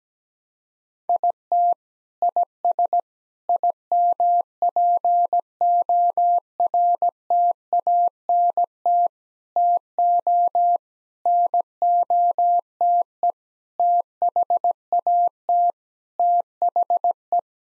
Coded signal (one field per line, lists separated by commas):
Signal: Morse code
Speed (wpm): 17 wpm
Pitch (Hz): 700 Hz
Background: none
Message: IT IS IMPORTANT TO NOTE THAT THE